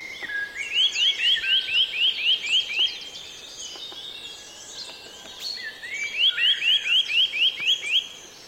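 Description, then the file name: Eurasian nuthatch giving two rapid runs of about eight clear, rising whistled notes each, separated by a pause, with other birds chirping in the background. "Sitta europaea"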